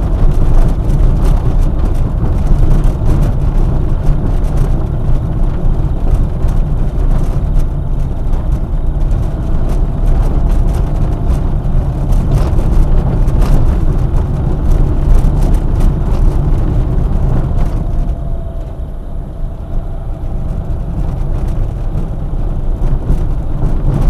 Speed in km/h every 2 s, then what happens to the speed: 27, 27, 26, 27, 28, 31, 31, 31, 28, 25, 24, 24.
0-14 steady at about 27. 14-17 slows to 25. 17-24 steady at about 24.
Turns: 15-21.